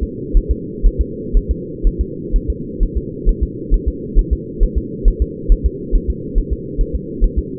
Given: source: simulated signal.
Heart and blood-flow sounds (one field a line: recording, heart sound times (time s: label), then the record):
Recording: fetal heart sounds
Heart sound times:
0.03 s: S2
0.37 s: S1
0.51 s: S2
0.86 s: S1
1.01 s: S2
1.37 s: S1
1.51 s: S2
1.87 s: S1
2.01 s: S2
2.36 s: S1
2.50 s: S2
2.83 s: S1
2.97 s: S2
3.29 s: S1
3.43 s: S2
3.74 s: S1
3.88 s: S2
4.19 s: S1
4.33 s: S2
4.63 s: S1
4.78 s: S2
5.08 s: S1
5.22 s: S2
5.52 s: S1
5.66 s: S2
5.95 s: S1
6.10 s: S2
6.38 s: S1
6.53 s: S2
6.81 s: S1
6.95 s: S2
7.24 s: S1
7.39 s: S2
From the record:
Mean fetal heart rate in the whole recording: 130 bpm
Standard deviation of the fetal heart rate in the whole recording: 4 bpm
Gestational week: 38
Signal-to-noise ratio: -4.1 dB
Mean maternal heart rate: no maternal heart sound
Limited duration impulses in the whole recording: absent